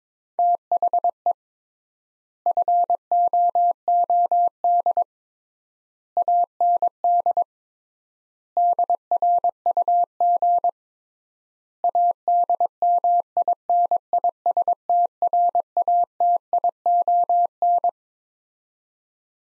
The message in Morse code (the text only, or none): THE FOOD AND DRUG ADMINISTRATION